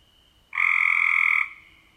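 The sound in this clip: Cope's gray treefrog giving one loud, rapid, raspy trill lasting about a second, starting abruptly and stopping cleanly.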